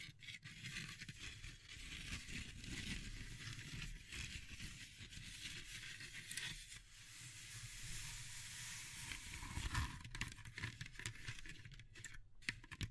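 Dense crunching and scraping of wood, bamboo and straw, with bright crackles and brief pauses, steady throughout, slightly quieter near the middle.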